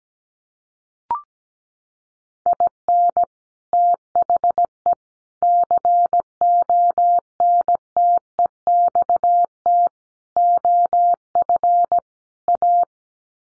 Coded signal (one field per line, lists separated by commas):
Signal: Morse code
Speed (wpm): 17 wpm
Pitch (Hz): 700 Hz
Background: none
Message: IN THE CONTEXT OF A